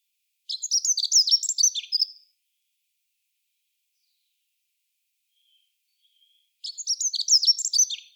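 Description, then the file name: Dunnock song: two quick, high, tinkling warbled phrases, each about two seconds long, separated by roughly four seconds of silence. "chant accenteur mouchet"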